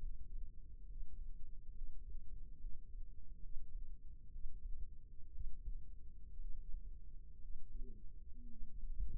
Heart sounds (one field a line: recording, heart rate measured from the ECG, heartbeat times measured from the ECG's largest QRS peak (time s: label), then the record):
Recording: heart sounds by microphone in the left ear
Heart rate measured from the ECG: 64 bpm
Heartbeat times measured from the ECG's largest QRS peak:
0.01 s: heartbeat
0.88 s: heartbeat
1.74 s: heartbeat
2.60 s: heartbeat
3.42 s: heartbeat
4.32 s: heartbeat
5.32 s: heartbeat
6.41 s: heartbeat
7.41 s: heartbeat
8.49 s: heartbeat
From the record:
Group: healthy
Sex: male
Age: 22 years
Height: 181 cm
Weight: 79 kg